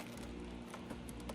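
A replacement main stretch hose with a red plastic locking tab is handled against the body of a Dyson DC65 upright vacuum, with a few brief handling ticks around 0.7 and 1.1 seconds over a steady background hum. The red tab has not clicked and the hose has not seated yet.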